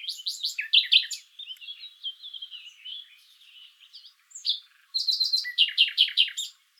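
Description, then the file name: Common nightingale song: fast repeated downslurred notes, a stretch of rich warbling, then another run of loud, rapid descending notes. "Luscinia megarhynchos"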